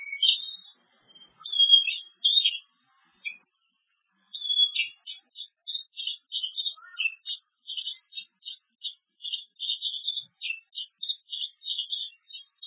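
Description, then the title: Bird repeating quick high chirps, a few loose phrases at first, then a fast steady series of clipped notes. Masteran, a training recording played to teach songbirds. "LuckyBurung MasteranBest"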